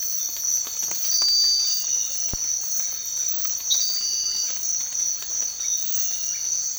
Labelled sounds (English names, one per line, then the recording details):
none
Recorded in secondary vegetation near Puerto Asís, Putumayo, Colombia, on 8 March 2025 at 06:00
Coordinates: 0.499, -76.323
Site G094